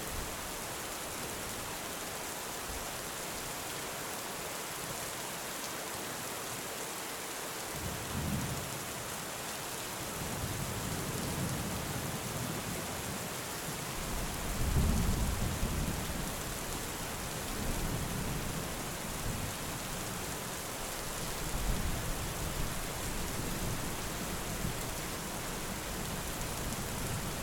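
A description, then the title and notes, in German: Steady, dense rain hisses evenly throughout, bright and close. Low rumbles of thunder roll in from about eight seconds on, swelling most strongly around fifteen seconds and returning in softer waves through the end. STURM und REGEN. Die donnernden Melodien und regelmäßigen Geräusche des Regens. Eines Gewitters und wohltuenden Regens.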